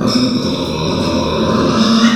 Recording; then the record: squeal of a Yucatan mini pig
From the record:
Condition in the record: after surgery on the right vocal fold (resection and tissue-engineered implant); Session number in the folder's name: 12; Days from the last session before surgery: 105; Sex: female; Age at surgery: 19 weeks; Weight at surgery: 25 kg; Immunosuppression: prednisolone